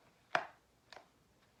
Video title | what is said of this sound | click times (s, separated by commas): Bravo Concealment full size 1911 Inside the waistband holster | hear the snap right there it's in | 0.4 s